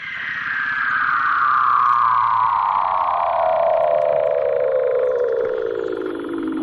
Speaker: So harp seal adults have over 19 different calls underwater for mating and courtship, and it sounds completely crazy.